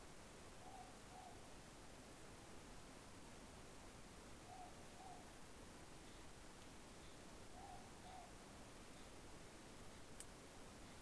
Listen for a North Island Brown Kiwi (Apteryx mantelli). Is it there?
no